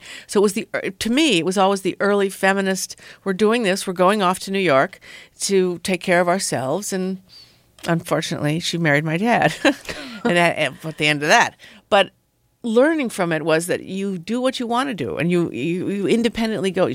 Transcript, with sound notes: So it was the - to me, it was always the early feminist, we're doing this. We're going off to New York to take care of ourselves. And, unfortunately, she married my dad.
(LAUGHTER)
And that brought the end of that. But learning from it was that you do what you want to do, and you independently go